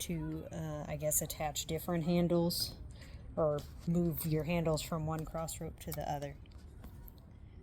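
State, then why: Seated. A jump rope handle is pushed onto a weighted rope's connector, which has two plastic locking prongs, until it locks. Someone talks for most of the clip, then after a quieter stretch a sharp snap is heard at 7.1 s. The handle is seated and locked onto the rope.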